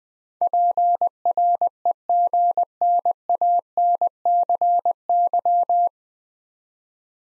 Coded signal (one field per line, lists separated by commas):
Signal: Morse code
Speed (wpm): 20 wpm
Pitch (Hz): 700 Hz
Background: none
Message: PREGNANCY